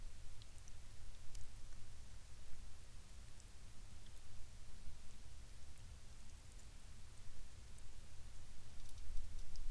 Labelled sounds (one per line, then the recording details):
rain
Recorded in the Prudhoe Bay oil fields, Alaska, on 11 May 2019 at 17:15
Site 21